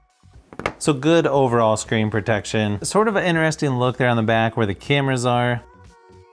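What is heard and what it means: A sliding plastic camera cover on a case for a Samsung Galaxy S23 Ultra is handled over the rear cameras while someone talks, with a few brief sharp ticks near the start. The cover has not yet snapped closed and nothing has seated or clicked.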